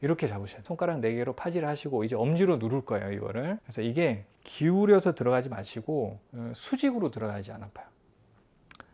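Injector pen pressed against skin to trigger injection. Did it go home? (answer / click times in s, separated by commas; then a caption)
yes / 8.7 s, 8.8 s. Someone talks while holding a plastic Wegovy injector pen with four fingers, vertically against the abdomen so it doesn't hurt, then pushes it down with the thumb. Near the end, quiet ratcheting clicks come at 8.7 s and 8.8 s as the pen triggers and the dose starts.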